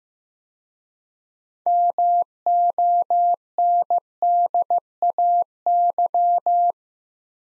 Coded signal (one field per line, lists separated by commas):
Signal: Morse code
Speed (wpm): 15 wpm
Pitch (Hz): 700 Hz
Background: none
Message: MONDAY